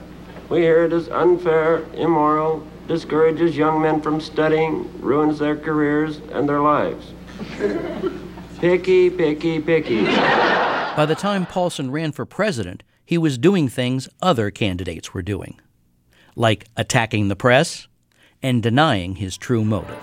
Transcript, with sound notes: We hear it is unfair, immoral, discourages young men from studying, ruins their careers and their lives. Picky, picky, picky.
(LAUGHTER)
By the time Paulsen ran for president, he was doing things other candidates were doing like attacking the press and denying his true motives.